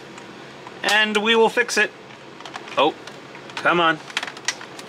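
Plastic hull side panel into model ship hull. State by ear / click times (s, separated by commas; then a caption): seated / 4.2 s, 4.5 s. A tight-fitting plastic side panel is pressed into the hull of a Bandai Space Battleship Yamato Starblazers 2199 1/350 scale model ship while someone talks and strains. Sharp clicks ring out at 4.2 s and 4.5 s as the panel snaps into place, and the side is seated.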